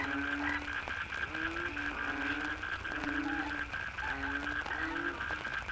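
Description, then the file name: Frog chorus with overlapping croaks and a steady droning tone, calls fairly even throughout. Frogs in the Cherating wetlands, Malaysia; wetland soundscape. "yamaha frogs cherating wetlands"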